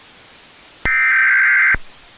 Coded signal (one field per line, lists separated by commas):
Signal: Emergency Alert System (SAME) tones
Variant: header bursts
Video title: EAS_Test.mp4